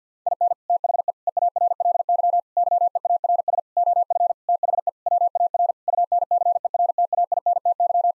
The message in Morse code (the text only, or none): IN THE EARLY YEARS OF THE WAR UNCERTAINTY